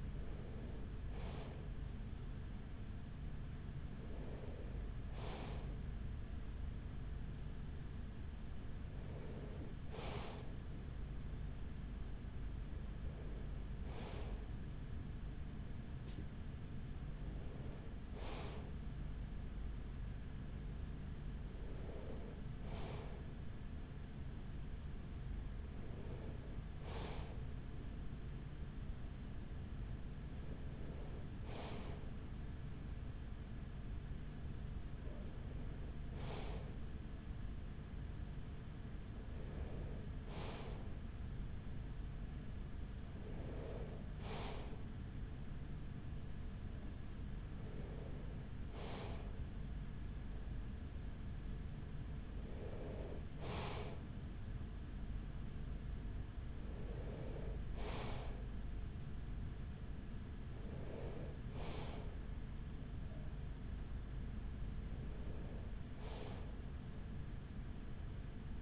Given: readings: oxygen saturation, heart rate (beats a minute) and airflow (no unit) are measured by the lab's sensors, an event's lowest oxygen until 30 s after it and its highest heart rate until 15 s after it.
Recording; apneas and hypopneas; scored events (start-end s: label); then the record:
breathing in sleep by a smartphone at the bedside; none
49.00-68.62 s: new sleep stage, N3 (deep sleep)
From the record:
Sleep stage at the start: N2 (light sleep); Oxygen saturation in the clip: 94 to 95%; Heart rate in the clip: 42 to 45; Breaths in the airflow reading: 16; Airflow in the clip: -6.8 to 6.2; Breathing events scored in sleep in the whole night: 207 in 7.6 hours asleep